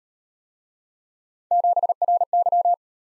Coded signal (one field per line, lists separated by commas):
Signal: Morse code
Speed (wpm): 37 wpm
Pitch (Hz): 700 Hz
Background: none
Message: 7RY